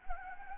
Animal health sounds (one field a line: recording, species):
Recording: mosquito wingbeat signal from an infrared sensor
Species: Anopheles gambiae